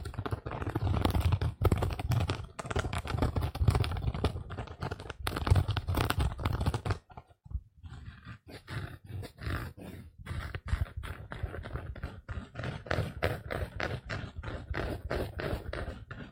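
A sponge scratches against a surface in quick, rough strokes, dense and continuous for the first seven seconds with a low rumble underneath. After a short near-silent pause around seven seconds, the scratching resumes as sparser, separate strokes that come at a steady, brisk rate.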